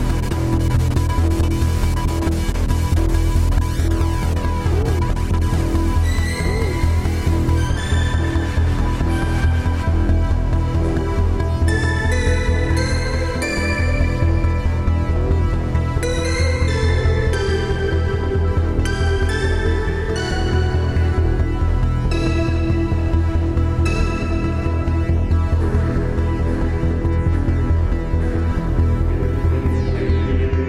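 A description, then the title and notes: A steady pulse at about 69 beats per minute throbs underneath, low and even, at a constant level throughout. Above it, short bright tones and clicks scatter irregularly, growing busier from around the eighth second onward, while a dense low hum fills the whole stretch. 69bpm pulse in background.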